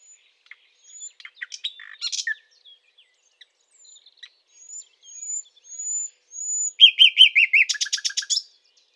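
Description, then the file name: Common nightingale song with soft pure whistles rising in volume, then a burst of loud repeated slurred notes and a sharp rapid trill to finish. "Luscinia megarhynchos"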